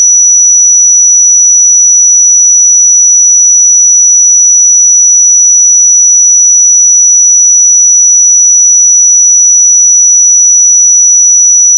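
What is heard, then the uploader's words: A pure sine tone at 5893 Hz holds perfectly steady for the full twelve seconds, a single thin, piercing high pitch. The loudness never changes, and nothing else is heard beneath it except a faint click at the very end. 5893 Hz 1 Hz Interval Sine Pure Tone Frequency 441000 Sample Mono.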